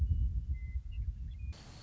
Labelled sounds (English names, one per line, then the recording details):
Western Meadowlark
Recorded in Sonoma County, California